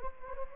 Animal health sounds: mosquito wingbeat signal from an infrared sensor; Anopheles gambiae

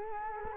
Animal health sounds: mosquito wingbeat signal from an infrared sensor; Culex quinquefasciatus

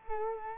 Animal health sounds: mosquito wingbeat signal from an infrared sensor; Culex quinquefasciatus

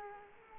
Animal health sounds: mosquito wingbeat signal from an infrared sensor; Culex quinquefasciatus

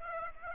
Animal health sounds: mosquito wingbeat signal from an infrared sensor; Aedes aegypti

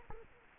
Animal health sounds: mosquito wingbeat signal from an infrared sensor; Culex quinquefasciatus

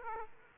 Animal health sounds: mosquito wingbeat signal from an infrared sensor; Aedes aegypti

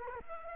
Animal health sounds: mosquito wingbeat signal from an infrared sensor; Culex quinquefasciatus

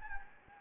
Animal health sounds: mosquito wingbeat signal from an infrared sensor; Anopheles gambiae

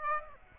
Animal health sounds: mosquito wingbeat signal from an infrared sensor; Aedes aegypti

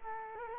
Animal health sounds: mosquito wingbeat signal from an infrared sensor; Culex quinquefasciatus

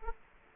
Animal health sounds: mosquito wingbeat signal from an infrared sensor; Culex quinquefasciatus

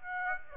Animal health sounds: mosquito wingbeat signal from an infrared sensor; Aedes aegypti

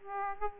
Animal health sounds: mosquito wingbeat signal from an infrared sensor; Aedes aegypti

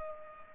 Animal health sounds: mosquito wingbeat signal from an infrared sensor; Culex pipiens

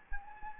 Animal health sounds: mosquito wingbeat signal from an infrared sensor; Anopheles gambiae

